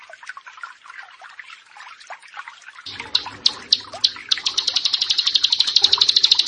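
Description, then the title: Prinia song building up: scattered soft chirps at first, then a rapid series of high sharp notes accelerating and growing louder toward the end. "Ciblek Sawah"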